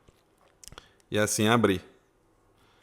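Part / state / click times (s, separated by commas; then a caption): shoulder joint of action figure / seated / 0.7 s. The plastic shoulder joint of a Bandai S.H. Figuarts Zoro (One Piece, Onigashima) action figure is clicked downward so the arm can open wider horizontally. A sharp click lands at 0.7 s among a few small ticks, and the joint seats. Someone then talks briefly.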